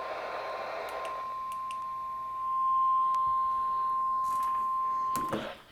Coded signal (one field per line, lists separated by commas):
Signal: Emergency Alert System (SAME) tones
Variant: 1050 Hz attention tone